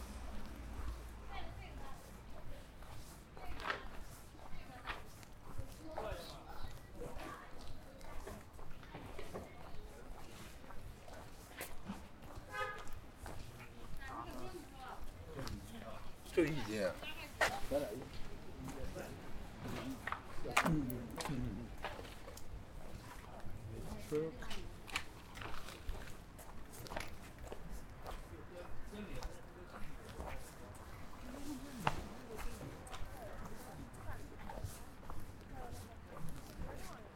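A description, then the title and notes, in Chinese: Walking through a hutong on the way to eat noodles: people talk on and off throughout, with scattered clicks, knocks and footsteps breaking in. A low rumble sits underneath the whole time, and a busier patch of sharp sounds and voices comes around the middle. 去香饵胡同吃小面｜城市声音。下午。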